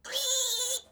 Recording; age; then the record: pig call; piglet (1 to 25 days)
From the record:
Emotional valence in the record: negative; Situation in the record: restrain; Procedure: back test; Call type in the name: high-frequency call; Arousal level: maximum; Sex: male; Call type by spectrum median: high-frequency call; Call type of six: high-frequency stable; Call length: 0.92 s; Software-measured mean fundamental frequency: 253 Hz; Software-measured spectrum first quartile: 3243 Hz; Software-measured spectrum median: 5463 Hz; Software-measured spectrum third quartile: 7727 Hz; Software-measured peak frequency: 3530 Hz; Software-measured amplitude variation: 136 dB a second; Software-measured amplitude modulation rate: 19.0 a second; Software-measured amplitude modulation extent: 7.2 dB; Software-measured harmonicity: 5.9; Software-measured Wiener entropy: -2.31